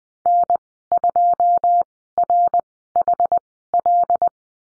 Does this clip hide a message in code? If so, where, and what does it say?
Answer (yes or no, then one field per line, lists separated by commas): yes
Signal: Morse code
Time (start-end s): 0.3-4.3 s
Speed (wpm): 20 wpm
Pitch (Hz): 700 Hz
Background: none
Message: N2RHL